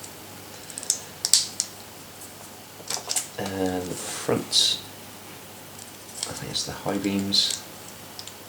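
Someone handles a front high-beam plastic light lens for a King Hauler RC truck model, fitting it toward the plastic body with sharp plastic ticks and light handling rustles around 0.9 to 1.6 seconds while someone talks. Nothing has seated or snapped into place yet.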